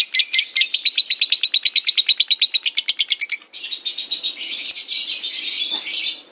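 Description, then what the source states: Lovebird singing a fast, shrill chirping trill for about three and a half seconds, then a denser, buzzier, continuous warble to the end. Long ngekek song of a lovebird, used as a master song for training birds and as pancingan to stimulate other birds to sing.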